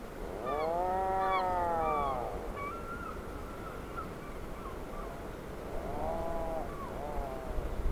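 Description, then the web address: Atlantic puffin giving a deep, moaning call that swells and fades, followed by a fainter repeat, with brief fainter notes in between over constant background noise. "sound Atlantic-puffin. صدای-پرنده-پافین-اطلس"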